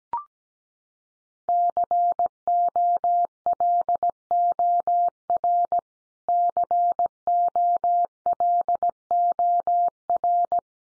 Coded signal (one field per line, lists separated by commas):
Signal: Morse code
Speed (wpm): 17 wpm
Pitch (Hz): 700 Hz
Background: none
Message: COLOR COLOR